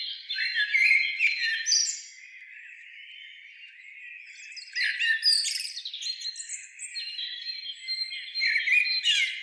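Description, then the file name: Eurasian blackbird calling with loud scratchy phrases, a quieter stretch in the middle, then renewed rasping chatter and thin whistles to the end. "Turdus merula"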